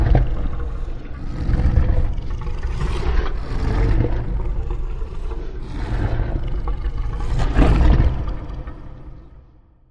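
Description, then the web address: Lion giving heavy, rumbling roars in a series of long surging swells, deep and throaty, fading out at the end. "big cats|lions"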